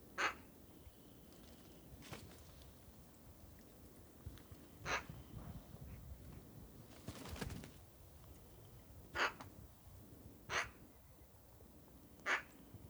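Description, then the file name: Eurasian magpie giving harsh, rasping single calls at uneven intervals of one to three seconds, over a steady low background hiss. "Pica pica"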